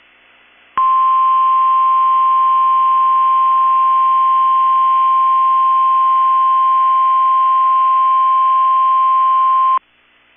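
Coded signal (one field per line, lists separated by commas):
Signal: Emergency Alert System (SAME) tones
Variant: 1050 Hz attention tone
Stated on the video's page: Required Weekly Test from NOAA Weather Radio station KEC65.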